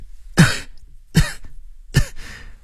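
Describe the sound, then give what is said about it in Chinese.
Three short, soft coughs spaced evenly about a second apart, each a brief breathy burst with a slight throaty rasp, heard alone with no talking. “吴继平轻轻地咳嗽两声，又顺便撇一撇喉咙里有没有血腥气味”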